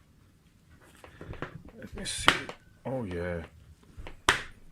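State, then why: Seated. Someone talks while closing the latch on a padded, hard, weatherproof plastic eyepiece carrying case made for 70 to 72 degree Pentax XW and TeleVue Delos eyepieces. A sharp, strong click rings out at 4.3 s as the latch snaps shut, and the case is closed.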